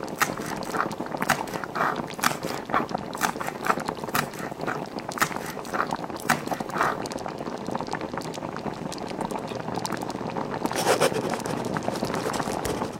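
A household scene with someone cooking while an old television murmurs steadily in the background. Sharp clicks, taps and clatters come every second or so throughout, with a denser, louder cluster of kitchen noises around the eleventh second.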